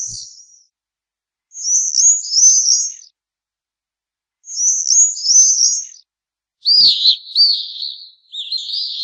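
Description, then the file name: Swift screams: very high, rasping bursts, then a slightly lower, wavering scream run that trails into another. "vencejo"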